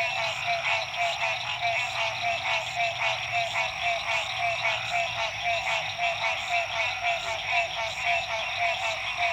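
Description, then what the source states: Frogs calling in a dense chorus, overlapping pulsed trills and rattles pouring out steadily without pause, with a thin high steady tone running above them. Frogs recorded at dusk at La Rue PH, Illinois.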